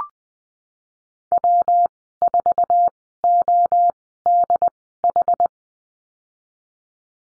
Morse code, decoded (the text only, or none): W4ODH